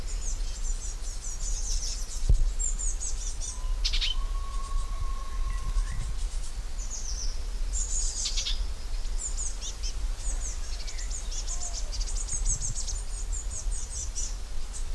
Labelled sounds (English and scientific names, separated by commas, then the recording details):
Icterine Warbler (Hippolais icterina)
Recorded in the wild
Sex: male
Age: adult
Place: Köppchensee, Berlin, DE
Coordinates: 52.6167, 13.3667
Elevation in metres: 40
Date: 1999-05-29 18:29
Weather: fair, 28°C
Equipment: Sony MD-WM MZ-R3, Sennheiser ME 80, Kopie Uher 4000 Report Monitor
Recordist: Tembrock, Günter